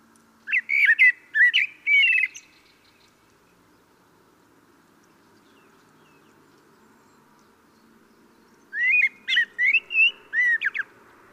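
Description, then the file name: Common blackbird giving two warbling song phrases roughly six seconds apart, mellow whistles mixed with thin squeaky notes, and quiet faint hum between them. "Turdus merula"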